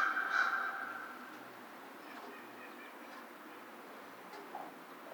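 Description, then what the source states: American crow giving a single hoarse caw at the start, then faint background hiss with a few soft sounds. Recorded 2 March 2010.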